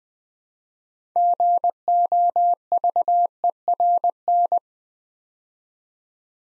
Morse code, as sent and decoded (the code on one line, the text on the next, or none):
--. --- ...- . .-. -.
GOVERN